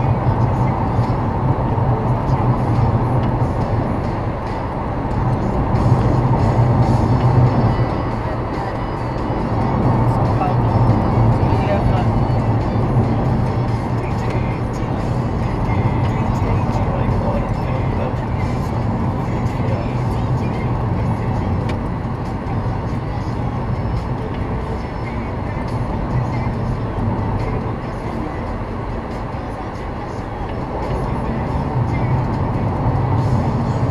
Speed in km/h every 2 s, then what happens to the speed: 99, 104, 108, 104, 101, 92, 81, 73, 71, 71, 68, 72, 76, 77, 80, 85, 89.
0-3 speeds up to 108. 3-19 slows to 68. 19-34 speeds up to 89.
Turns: none.